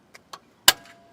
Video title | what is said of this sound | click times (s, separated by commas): etrailer - A Closer Look at the Saris MHS DUO Bike Rack on a 2022 Renegade RV Explorer Motorhome | once you hear that click You Can Let It Drop | 0.7 s